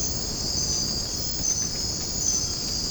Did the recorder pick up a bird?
no